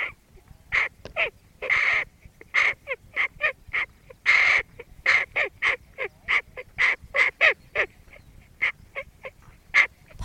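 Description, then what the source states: Hooded crow calling in a lively series of rough caws, some longer and louder, spaced irregularly. Adult bird.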